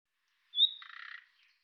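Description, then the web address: Bird producing one call: a bright, clear high whistle that runs straight into a pulsing, buzzy rasp lasting under half a second. "Deverinetal 2025"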